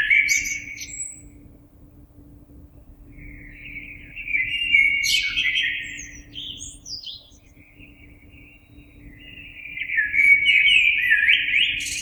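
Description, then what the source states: Common blackbird singing mellow fluting phrases that finish in thin, scratchy high twitters, three phrases with quiet gaps; a soft constant hum underneath. Recorded 26 April 2022.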